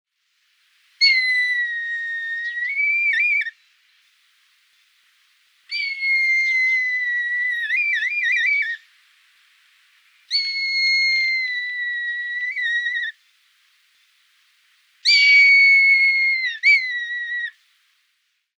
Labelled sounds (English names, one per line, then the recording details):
Red Kite
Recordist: Tembrock, Günter
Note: Langrufe